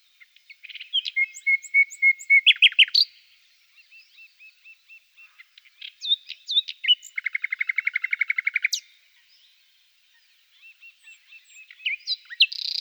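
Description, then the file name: Common nightingale song: varied phrases of whistles and chirps, including a fast, even rattle of rapid notes, with pauses between phrases. "Fülemülék"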